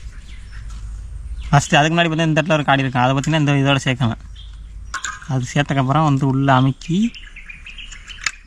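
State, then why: Seated. A gas canister is lined up with a groove, pushed into a portable camping stove, and turned to lock it. Someone talks through most of the clip, with a few small handling sounds around 5.0 and 7.4 seconds. A sharp click at 8.3 seconds marks the canister locking into place.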